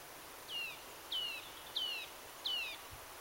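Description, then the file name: Eurasian nuthatch calls: four sharp descending high notes, each about a quarter second, spaced roughly every two-thirds of a second over steady background hiss. "Sitta europaea"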